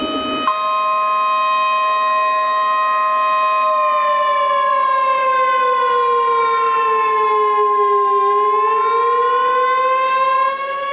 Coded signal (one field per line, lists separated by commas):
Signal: Emergency Alert System (SAME) tones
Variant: 1050 Hz attention tone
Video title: Severe weather coverage EAS Scenario Of April 2-3 2025